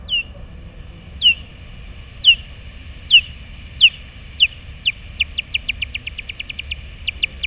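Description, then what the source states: Bat echolocation calls: sharp descending chirps, widely spaced at first, then quickening into a rapid run of pulses. Bat capturing the insect it chased using its sonar; nearby bats hear the capture, which signals insects present, and may come over.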